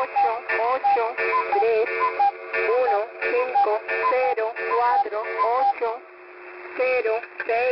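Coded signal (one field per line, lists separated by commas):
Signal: numbers station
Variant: HM01, Spanish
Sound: short, evenly spaced, radio-filtered spoken syllables with a synthetic-sounding voice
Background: radio static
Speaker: you can hear the clock in the background it sounds like um OHS XP app let's play this video [Applause] now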